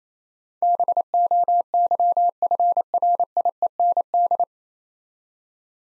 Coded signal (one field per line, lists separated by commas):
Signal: Morse code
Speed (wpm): 29 wpm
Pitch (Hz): 700 Hz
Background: none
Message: BOYFRIEND